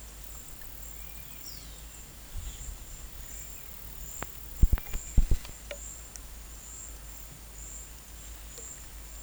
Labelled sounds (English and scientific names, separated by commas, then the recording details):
none
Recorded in pastures near Puerto Asís, Putumayo, Colombia, on 22 December 2024 at 13:00
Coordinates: 0.472, -76.329
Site G072